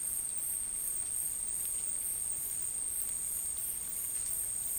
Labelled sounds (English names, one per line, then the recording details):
none
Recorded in dense forest near Puerto Asís, Putumayo, Colombia, on 23 June 2025 at 11:30
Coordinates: 0.503, -76.323
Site G059